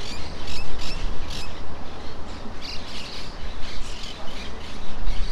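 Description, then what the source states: Monk parakeet squawks, coarse and loud, repeated in short bursts by a group of birds, over a persistent low rumble. In trees near the coast of Playa Ancha.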